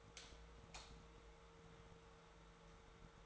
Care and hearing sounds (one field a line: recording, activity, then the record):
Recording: daily activity, microphone in the room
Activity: light off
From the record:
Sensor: 3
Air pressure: 1014.6 hPa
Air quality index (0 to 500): 182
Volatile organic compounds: 19 ppm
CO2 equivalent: 2659 ppm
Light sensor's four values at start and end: 46/118/50/54 and 45/112/48/52